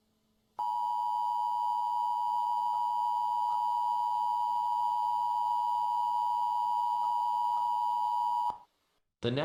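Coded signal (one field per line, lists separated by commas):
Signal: Emergency Alert System (SAME) tones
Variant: 853 and 960 Hz attention tone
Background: speech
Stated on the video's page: Fictional tornado scenario made as a Scratch project.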